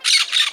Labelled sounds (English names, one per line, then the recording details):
Brown-throated Parakeet contact call
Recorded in Margarita
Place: San Francisco, near stadium
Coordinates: 11.018, -64.294